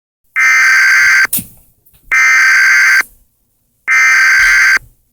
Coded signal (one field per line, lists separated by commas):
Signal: Emergency Alert System (SAME) tones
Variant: header bursts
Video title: EAS Do It